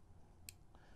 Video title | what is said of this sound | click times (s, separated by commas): Turning a 27" iMac into an Apple Cinema Monitor for the Mac Mini M1 and Review | up you just go ahead and snap that in that snaps into place | 0.5 s